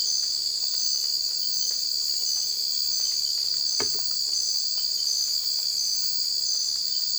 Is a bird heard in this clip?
no